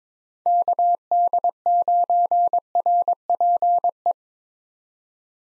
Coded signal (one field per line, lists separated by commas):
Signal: Morse code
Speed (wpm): 22 wpm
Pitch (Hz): 700 Hz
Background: none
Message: KD9RPE